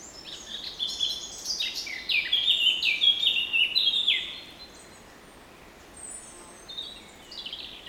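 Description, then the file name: Eurasian blackcap song: quick scratchy notes leading into a clear, fluty warbled flourish, then faint high fragments after a short gap. "Sylvia atricapilla"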